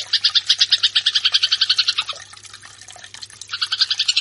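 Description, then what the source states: Eurasian tree sparrow rattling off quick metallic chirps, falling quiet for about a second and a half, then bursting into rapid chirping again. Fighting-style (tarung) song.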